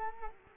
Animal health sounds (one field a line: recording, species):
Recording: mosquito wingbeat signal from an infrared sensor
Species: Culex quinquefasciatus